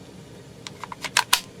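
A battery pack is slid back onto the base of a SCANS 20V cordless impact driver and pushed until it latches, with a few light sliding ticks at around 0.7, 0.8 and 0.9 seconds. Two sharp, loud clicks follow at 1.2 and 1.3 seconds as the battery snaps home and is seated.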